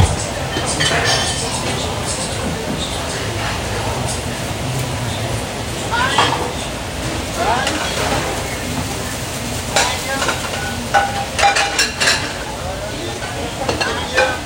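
A restaurant kitchen during breakfast prep, with a constant sizzle of food frying and the scrape and stir of utensils. Sharp clinks and clatters of dishes and pans cluster around the middle and end, while faint voices murmur underneath.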